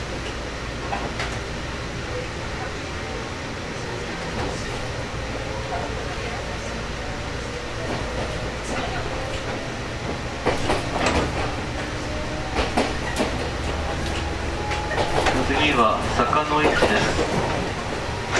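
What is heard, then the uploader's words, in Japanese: Aboard a local train on the Nippō Line, a steady low rumble and hum run throughout. From about ten seconds the ride turns rougher, with sharp clacks and rattles. Near the end, voices and a few brief tones rise over the noise. JR九州 415系 日豊線 大分から幸崎まで。JR九州 415系電車の走行音です。日豊線の普通列車で録音しました。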